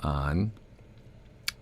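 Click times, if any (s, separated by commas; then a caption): 1.5 s. Someone talks briefly, then a quick-release spring bar on a leather watch strap is pushed into the watch case lug hole. It seats with one sharp metallic snap at 1.4 seconds. Wait—the click is at 1.48 s, which rounds to 1.5. Someone talks briefly, then a quick-release spring bar on a leather watch strap is pushed into the watch case lug hole. It seats with one sharp metallic snap at 1.5 seconds.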